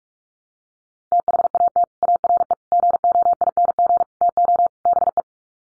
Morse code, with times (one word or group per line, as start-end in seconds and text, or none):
1.1-1.8 THAT
2.0-2.5 ARE
2.7-4.0 GOING
4.2-4.7 TO
4.9-5.2 BE